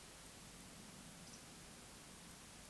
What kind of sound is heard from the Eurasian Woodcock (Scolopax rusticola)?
whistle